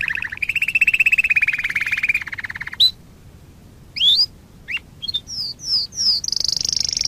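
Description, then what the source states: Nightingale song opens with a long fast buzzy rattle, breaks off, then gives sharp rising whistles and a run of high clear slurred notes ending in a shrill trill. Masteran song track used to train captive songbirds to sing.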